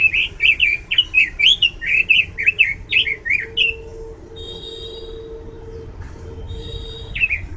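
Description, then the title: Bird singing a rapid series of bright, warbling chirps for several seconds, then quieter thin whistled notes with a steady low tone underneath. "lengkap manok"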